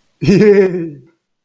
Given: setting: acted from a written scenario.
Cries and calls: vocal sound without words; amusement

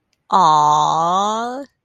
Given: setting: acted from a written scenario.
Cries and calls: vocal sound without words; adoration

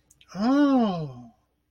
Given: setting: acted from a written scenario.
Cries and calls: vocal sound without words; realization

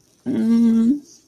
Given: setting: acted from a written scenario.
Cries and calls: vocal sound without words; shame

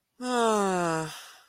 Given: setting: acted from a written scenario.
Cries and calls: vocal sound without words; contempt

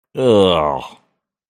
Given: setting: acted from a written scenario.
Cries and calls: vocal sound without words; disgust

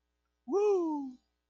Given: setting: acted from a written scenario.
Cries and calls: vocal sound without words; elation

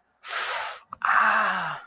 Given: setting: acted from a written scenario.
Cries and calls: vocal sound without words; pain

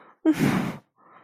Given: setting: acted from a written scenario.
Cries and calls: vocal sound without words; fear

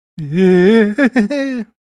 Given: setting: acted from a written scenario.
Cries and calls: vocal sound without words; elation

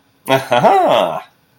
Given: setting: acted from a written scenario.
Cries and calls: vocal sound without words; pride

